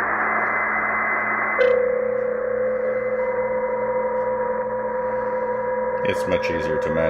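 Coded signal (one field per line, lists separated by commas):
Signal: PSK31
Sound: shortwave hiss with a steady warbling tone near 500 Hz, later a fainter second tone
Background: radio static, handling clicks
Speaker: because there's a dominant one it's much easier to manage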